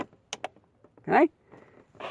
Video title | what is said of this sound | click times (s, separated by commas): 2010 Honda Civic Cabin Air Filter Replacement | Push it in the center here, and you should hear 2 click. | 0.3 s, 0.4 s